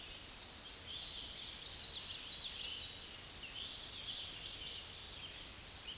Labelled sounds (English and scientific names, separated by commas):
Common Yellowthroat (Geothlypis trichas) song